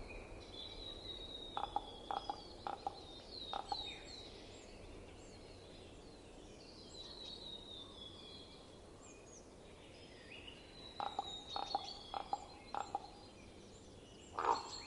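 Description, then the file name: Common raven giving short, faint croaking calls in two loose series, near the start and again near the end, with thin high whistles from small birds throughout. Winter. "ronk"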